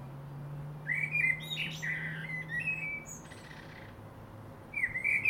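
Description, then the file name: Common blackbird giving a mellow, warbling fluted phrase with a brief high flourish, then a second phrase beginning; a low steady hum underneath. "Turdus merula"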